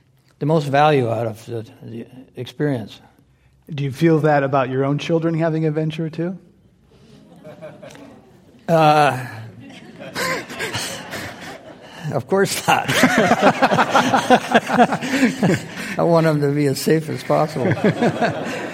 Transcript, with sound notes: the most value out of the experience.
Do you feel that about your own children having adventure too?
[Laughter]
Of course not.
[Laughter]
I want them to be as safe as possible.